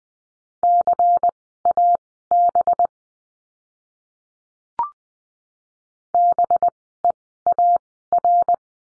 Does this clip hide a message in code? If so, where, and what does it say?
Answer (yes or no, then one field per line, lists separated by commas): yes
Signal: Morse code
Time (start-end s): 0.6-8.5 s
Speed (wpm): 20 wpm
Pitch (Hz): 700 Hz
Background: none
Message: CAB BEAR